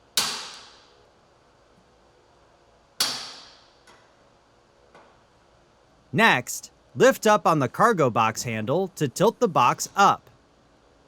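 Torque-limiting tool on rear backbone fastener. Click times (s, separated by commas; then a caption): 0.2 s, 3.0 s. The included torque tool, fitted with a 10mm socket, tightens the rear-side backbone fasteners of a Rhino Rack on a 2016+ Polaris GENERAL. It gives two sharp, loud clicks at 0.2 s and 3.0 s as it reaches its setting, each ringing off briefly, followed by a faint tap at 5.0 s. Someone then talks from about 6.2 s to the end.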